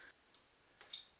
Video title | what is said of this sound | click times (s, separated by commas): Repair Jacuzzi on off button fix air switch not working on hot tub jet, the truth, replace pneumatic | yeah it just snaps into place just like | 0.8 s, 0.9 s